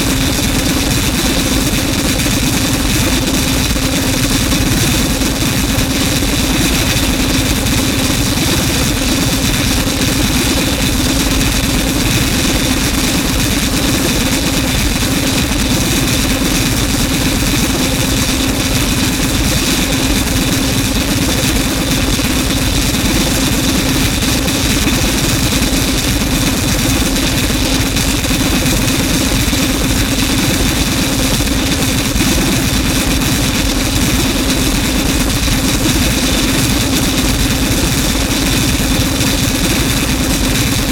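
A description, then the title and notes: A steady, dense drone holds for the whole stretch, with a strong low hum near the bottom and several fixed tones ringing higher up. It sounds like an idling engine or machine, unchanging in level, with a fine rough hiss spread over the top. Film tins filled with objects including nails, tacks, ball bearings and other miscellaneous objects. The film tins were then equipped with piezo microphones plugged into amps then placed atop upward facing speakers. Field recordings, synth tones and feedback were then mixed into the speakers with the film tins on top.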